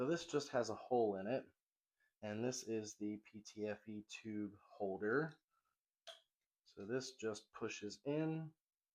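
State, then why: Not seated. Someone talks while handling a plastic PTFE tube holder that is about to be pushed vertically into its slot on the plastic spool holder of a Bambu Lab P2S 3D printer with an AMS 2 Pro. The holder has not seated or clicked into place yet.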